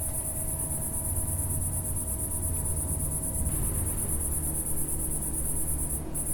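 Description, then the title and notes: Cicada song, a sustained high buzz that dips for a moment near the end, with a low rumble underneath. Single cicada singing in early evening warmth in a garden with lavender and myrtle bushes, small village in Picardy, northern France. "Sound Escape 137: Enter a trance-like state to the song of a cicada in a French garden. We’re in the garden in a small village in Picardy in Northern France. The early evening warmth teases sweet scent from the lavender bushes and myrtles while a single cicada plays its eternal silvery zither"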